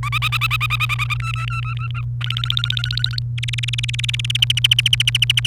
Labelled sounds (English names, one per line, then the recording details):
Domestic Canary song
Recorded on 28 April 2018 at 10:46
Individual llb3